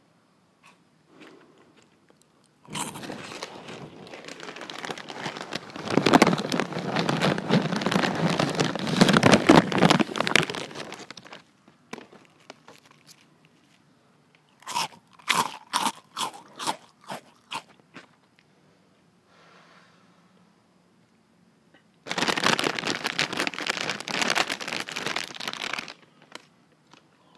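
Close crinkling and rustling of a chip bag comes in dense bursts around 3–11 and 22–26 seconds, with sharp crunchy crackles between.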